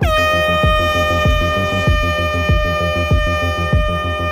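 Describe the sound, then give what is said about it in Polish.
A freight train approaching from the direction of the town sounds its horn: one long, loud, steady chord that holds without a break, over a regular low rhythmic thudding of wheels rolling beneath it. “Pociąg zbliżał się od strony miasta. Towarowy, czyli dobrze.”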